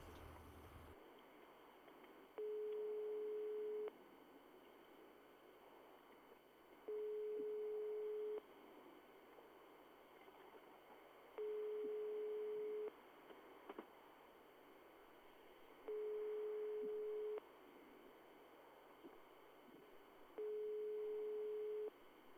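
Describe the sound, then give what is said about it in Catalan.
A telephone ringback tone sounds five times, each steady low beep lasting over a second with long pauses between, as a call rings out unanswered over a faint hiss of line noise. “No hi és, tampoc. No hi és.”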